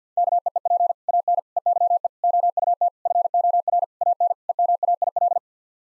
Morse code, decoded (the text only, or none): KEEP AN EYE OUT FOR AN EMAIL